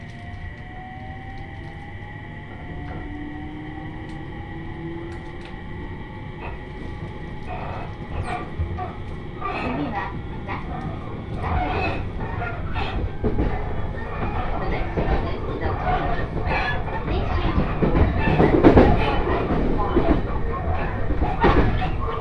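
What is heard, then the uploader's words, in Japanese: A Joban Line train ride from Sendai toward Hamayoshida: a steady low rumble with a faint whine that gradually grows louder, clattering, and brief speech. 鉄道旅 常磐線 仙台→浜吉田。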